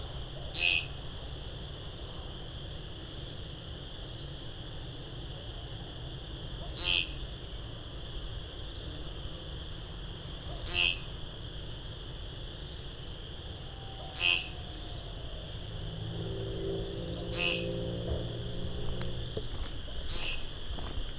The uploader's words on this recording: Dusk spring walk through the Vinemount Swamp. Thousands, maybe tens of thousands, of chorus frogs.